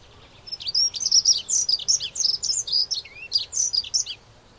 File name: Dunnock